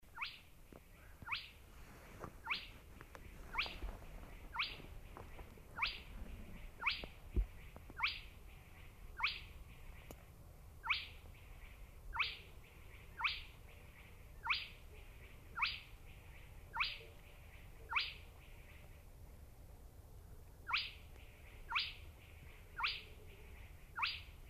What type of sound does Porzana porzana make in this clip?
song